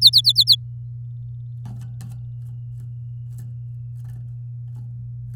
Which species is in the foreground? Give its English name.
Domestic Canary